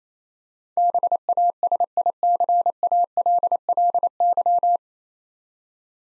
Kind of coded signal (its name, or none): Morse code